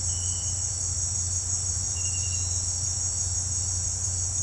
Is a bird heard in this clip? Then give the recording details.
no. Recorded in pastures near Puerto Asís, Putumayo, Colombia, on 15 December 2024 at 18:00. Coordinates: 0.502, -76.324. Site G077